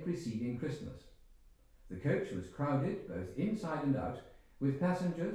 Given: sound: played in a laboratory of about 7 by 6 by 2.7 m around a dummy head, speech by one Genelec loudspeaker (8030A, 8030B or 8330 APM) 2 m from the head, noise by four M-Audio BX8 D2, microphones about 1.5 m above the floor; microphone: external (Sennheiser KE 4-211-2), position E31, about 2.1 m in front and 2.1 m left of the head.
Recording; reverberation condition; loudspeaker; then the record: male speech in English; medium; 30 degrees to the left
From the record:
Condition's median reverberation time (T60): about 510 ms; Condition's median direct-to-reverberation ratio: about -0.5 dB